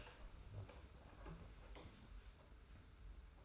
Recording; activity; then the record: daily activity, microphone in the room; open door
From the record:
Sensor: 2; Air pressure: 991.5 hPa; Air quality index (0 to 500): 144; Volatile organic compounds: 323 ppm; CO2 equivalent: 4531 ppm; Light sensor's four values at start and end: 32/94/37/35 and 32/94/37/35